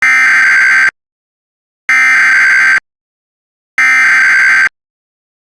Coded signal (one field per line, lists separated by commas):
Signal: Emergency Alert System (SAME) tones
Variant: header bursts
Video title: New fictional EAS event code MPS (Missing Pet Statement) Mock